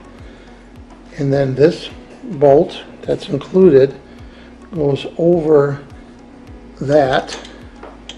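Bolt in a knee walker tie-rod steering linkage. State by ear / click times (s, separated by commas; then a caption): not seated / none. An included bolt is handled over the tie-rod steering linkage part of a KneeRover KC-06 steerable knee walker while someone talks. A few faint, brief ticks are heard, mostly near the end. Nothing has seated or clicked into place yet.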